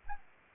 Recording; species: mosquito wingbeat signal from an infrared sensor; Anopheles arabiensis